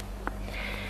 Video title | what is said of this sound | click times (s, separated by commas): Bebe Confort košara Windoo plus | what you need to make sure is so what I've done is locked that off you'll hear a click it | 0.3 s